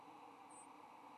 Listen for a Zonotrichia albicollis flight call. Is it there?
no